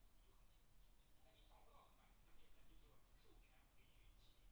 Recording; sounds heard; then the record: poultry house recording; no chicken sound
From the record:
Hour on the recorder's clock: 17